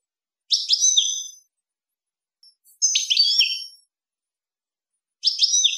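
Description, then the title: European goldfinch repeating a short twittering phrase of bright slurred notes about every two to two and a half seconds, with quiet gaps between. "Chant Chardonneret"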